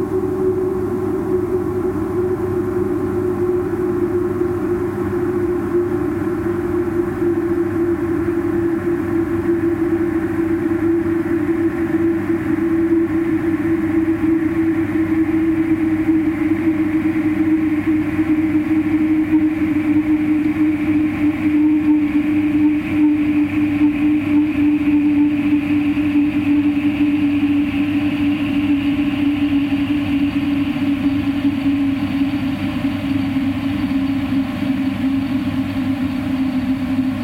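A dehumidifier's steady mechanical drone runs throughout, heavily filtered so it sounds like a deep, rumbling machine hum. A strong low tone slowly sinks in pitch across the half minute, with fainter higher tones drifting alongside. The loudness stays constant, with no distinct events.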